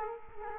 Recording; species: mosquito wingbeat signal from an infrared sensor; Culex quinquefasciatus